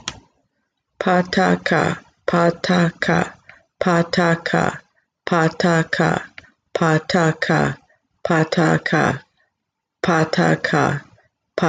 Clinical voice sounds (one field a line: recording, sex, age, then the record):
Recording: repeated syllables /pa ta ka/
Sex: female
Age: 50 to 59 years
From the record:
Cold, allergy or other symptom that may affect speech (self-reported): yes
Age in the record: 50 years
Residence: Oregon, United States